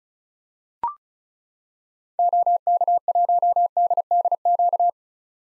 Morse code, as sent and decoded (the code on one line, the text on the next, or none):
--- -.- .---- -.. -.. --.-
OK1DDQ